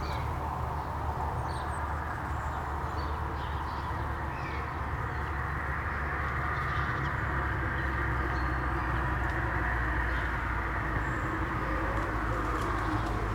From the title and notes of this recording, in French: Une impression sonore du village de la Ferté-Milon réalisée à partir d'enregistrements de Nicolas Dubois ( © Sound Fishing).